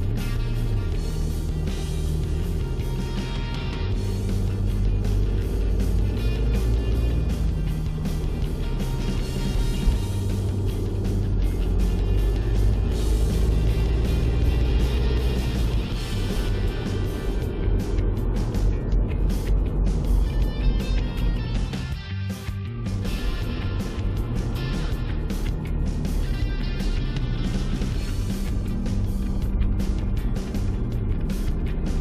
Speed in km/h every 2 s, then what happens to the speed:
16, 18, 19, 25, 26, 29, 35, 43, 45, 48, 50, 46, 44, 40, 37, 34.
0-19 speeds up to 50. 19-32 slows to 34.